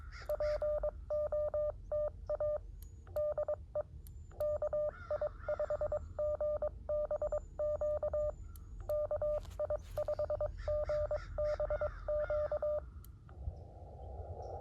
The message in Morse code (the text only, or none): POTA DE KI5GBQ KI5GBQ